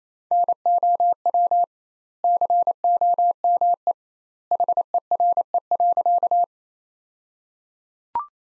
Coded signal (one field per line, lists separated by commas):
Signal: Morse code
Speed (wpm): 28 wpm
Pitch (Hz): 700 Hz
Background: none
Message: NOW COME HERE.